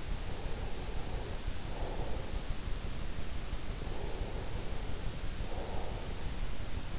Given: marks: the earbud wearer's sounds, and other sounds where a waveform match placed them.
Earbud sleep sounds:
sounds in sleep by an in-ear microphone; breath
0.00-3.02 s: breath
3.65-6.68 s: breath

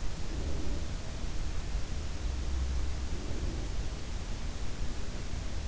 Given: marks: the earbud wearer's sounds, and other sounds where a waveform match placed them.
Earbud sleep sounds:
sounds in sleep by an in-ear microphone; breath
0.18-1.21 s: breath
2.99-3.92 s: breath

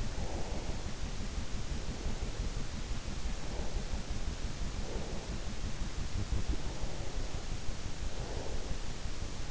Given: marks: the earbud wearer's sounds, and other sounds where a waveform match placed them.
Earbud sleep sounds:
sounds in sleep by an in-ear microphone; breath
0.00-2.56 s: breath
3.26-5.50 s: breath
6.49-8.96 s: breath

